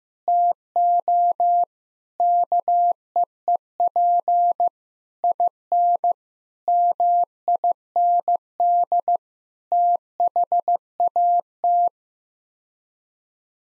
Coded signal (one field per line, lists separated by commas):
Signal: Morse code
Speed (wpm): 15 wpm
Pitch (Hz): 700 Hz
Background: none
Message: TO KEEP IN MIND THAT